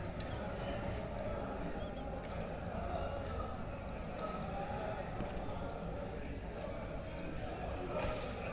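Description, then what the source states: Swallow twitter: a few scattered chirps, then a fast, even string of high chirps, with a crowd's low chatter underneath. Swallows nesting at a bedroom window above a small courtyard full of cafés, Mellah, Tetuán, Morocco; Ramadan in summer, with café crowd murmur; Zoom H4n internal mics, stereo.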